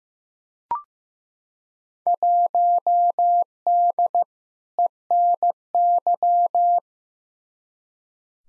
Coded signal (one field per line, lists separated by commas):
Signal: Morse code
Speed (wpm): 16 wpm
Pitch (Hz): 700 Hz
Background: none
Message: 1D ENY